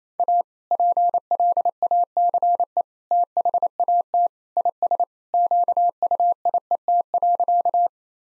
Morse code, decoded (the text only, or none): A PLACE THAT IS QUIET.